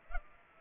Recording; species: mosquito wingbeat signal from an infrared sensor; Culex pipiens